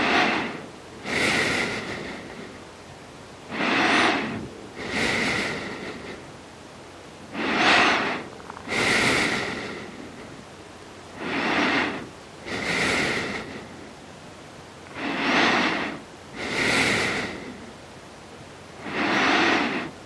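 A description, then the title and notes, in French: Breathing: airy, hissing inhales and exhales come in paired bursts, a pair about every four seconds, each breath lasting around a second. A faint whistling tone rides on each breath, and a low, steady hiss fills the pauses between them. Respiration (bruit blanc).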